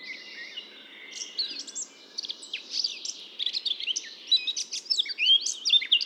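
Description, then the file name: Eurasian blackcap with a soft, scratchy warble that grows louder and richer, with quick chattering notes and clear whistled slurs toward the end. "Sylvia atricapilla"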